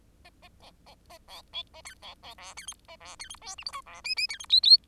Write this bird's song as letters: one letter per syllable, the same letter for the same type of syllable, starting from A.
A A A A A B C A D B B E D F A E D F G H I J E K K D F L L